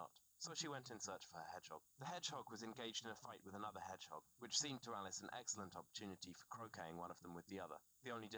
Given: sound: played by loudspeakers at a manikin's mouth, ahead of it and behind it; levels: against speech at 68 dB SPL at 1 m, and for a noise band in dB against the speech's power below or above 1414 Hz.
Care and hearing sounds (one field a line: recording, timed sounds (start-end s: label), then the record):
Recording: test signals for a remote microphone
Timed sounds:
0.00-8.38 s: man speaking
From the record:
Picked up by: remote receiver E, fed by microphone B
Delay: 43 ms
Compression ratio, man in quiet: 2.77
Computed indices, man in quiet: SII 0.989, HASPI 1.000, HASQI 0.404 (non-linear 0.458, linear 0.882), ESTOI 0.745